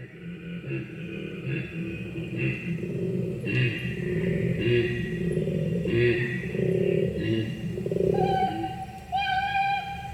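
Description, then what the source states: Koala calls: deep, rough grunting pulses with tonal, whining overtones; a higher, thinner wail comes in near the end. A range of koala call types, played back from a video.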